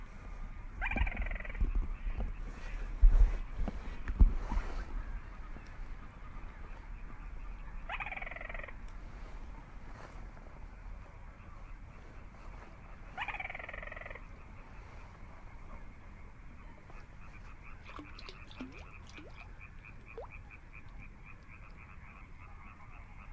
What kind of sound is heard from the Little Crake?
song